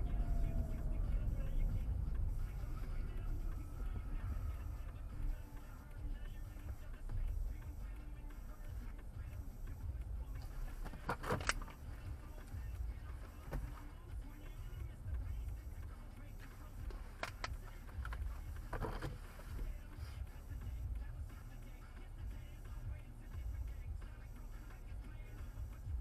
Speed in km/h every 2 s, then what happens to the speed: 24, 16, 6, 0, 0, 0, 0, 0, 0, 0, 0, 0, 0.
0-5 brakes to 0. 5-26 standing.